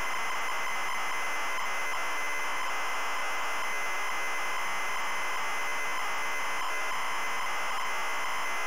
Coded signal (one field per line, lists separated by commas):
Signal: ZX Spectrum tape loading